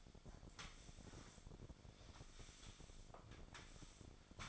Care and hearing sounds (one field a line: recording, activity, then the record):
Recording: daily activity, microphone in the room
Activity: sweep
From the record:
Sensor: 5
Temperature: 26.3 degrees Celsius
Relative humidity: 38.1%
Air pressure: 1007.1 hPa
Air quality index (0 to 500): 179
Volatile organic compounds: 5 ppm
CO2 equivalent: 1708 ppm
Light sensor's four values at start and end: 54/152/59/59 and 53/151/59/59